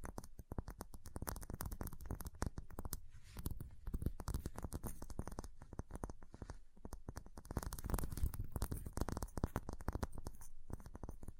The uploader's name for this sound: Ice Tapping, Scratching, Carving Sounds